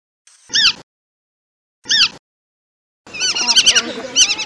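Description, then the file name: Lesser whistling duck giving two separate harmonic, rising-falling whistled calls, then a dense overlapping chorus of many whistles. "burung belibis polos. omkicau"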